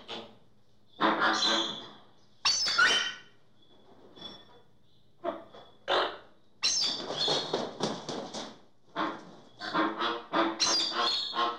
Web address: bird flamingo american flamingo calls animal